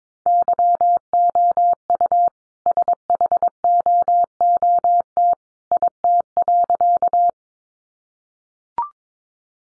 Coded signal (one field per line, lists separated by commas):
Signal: Morse code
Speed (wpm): 22 wpm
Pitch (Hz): 700 Hz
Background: none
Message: YOU SHOOT IT.